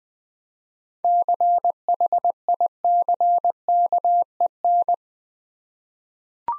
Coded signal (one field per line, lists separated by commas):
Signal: Morse code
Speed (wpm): 20 wpm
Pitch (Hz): 700 Hz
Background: none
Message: CHICKEN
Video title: Easy Words with Hints - 20wpm